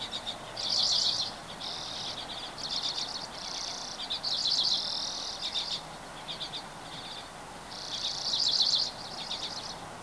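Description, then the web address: Bird song in bursts of fast, buzzy high trills and chirps, several phrases throughout, over a steady background hiss. Recorded 24 April 2023. "gemlog starlog audio birds 20230424"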